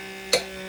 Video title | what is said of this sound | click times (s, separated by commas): Options for Vacuum Sealing Dried Goods | you hear that I heard it pop so I'm going to let it go just for a few more seconds to make sure okay | 0.3 s